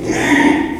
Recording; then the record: squeal of a Yucatan mini pig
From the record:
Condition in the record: after surgery on the right vocal fold (resection and tissue-engineered implant); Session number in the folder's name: 3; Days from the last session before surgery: 33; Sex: male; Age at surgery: 12 weeks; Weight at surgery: 13 kg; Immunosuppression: cyclosporine, prednisolone